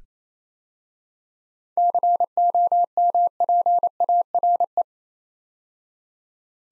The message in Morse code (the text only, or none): COMPARE